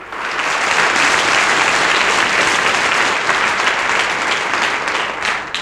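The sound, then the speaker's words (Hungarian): Sustained audience applause greeting footballer Puskás Ferenc on the phone line, a dense, steady wash of many hands clapping at full volume for several seconds, easing slightly at the very end, with no talking over it. “Akkor mi egy tapssal köszöntünk téged most, jó?”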